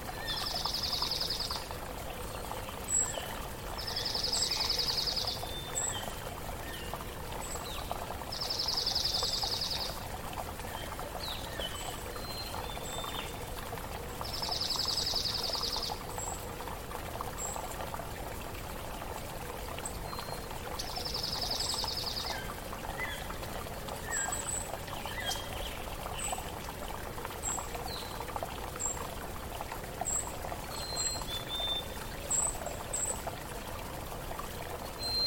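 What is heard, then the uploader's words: A forest river pours steadily throughout, a dense, even rush that never lets up. Over it, a buzzy mid-high call repeats every five or six seconds in the first twenty seconds, while thin, bright bird chirps flick in and out across the whole stretch. Serenity of the Forest River Relaxing Nature Sounds and Melodies of Birds in Harmony. Small, Stream, with, Birds, in, Background.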